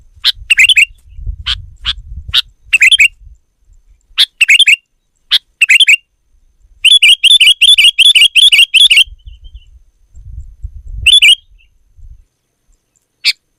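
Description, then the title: Sooty-headed bulbul song: bright, bubbly chirping phrases repeated quickly, building into a rapid run of similar notes, with low background rumbling at times. "kutilang"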